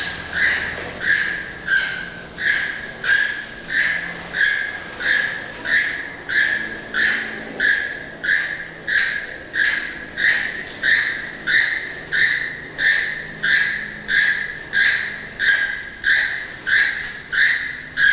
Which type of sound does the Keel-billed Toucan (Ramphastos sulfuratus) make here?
call